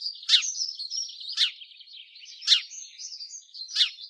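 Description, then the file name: House sparrow chirps: four loud, sharp notes about one second apart, with softer continuous twittering chatter running between them. "Passer domesticus"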